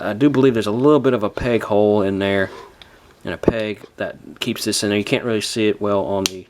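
The side panel on the alligator leg of a plastic Transformers Titans Return Deluxe Class Skullsmasher action figure is handled while someone talks, with its peg about to go into the leg's peg hole to lock the leg in robot mode. Nothing has seated or clicked yet.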